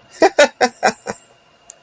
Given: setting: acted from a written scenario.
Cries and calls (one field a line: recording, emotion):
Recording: vocal sound without words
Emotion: positive surprise